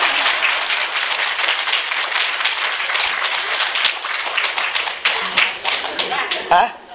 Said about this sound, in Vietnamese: Và quý vị cho hai cặp vợ chồng già đến tràng pháo tay.